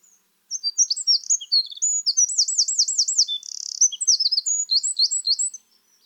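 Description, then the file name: Eurasian wren singing a rapid, high, explosive five-second phrase of shrill notes, a looping trill and a dry buzzy rattle, with clean silence around it. "Troglodytes troglodytes"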